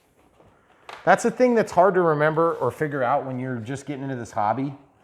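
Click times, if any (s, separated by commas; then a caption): none. During setup of a large FMS Fox 3m RC glider, a latch or retainer (likely for a wing or hatch) is handled against the airframe while someone talks throughout. The part has not seated or clicked into place yet.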